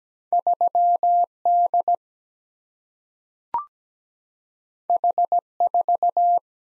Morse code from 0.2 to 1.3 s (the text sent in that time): 3